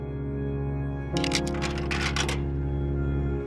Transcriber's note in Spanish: sonido de moneda entrando y cayendo por la ranura de un teléfono público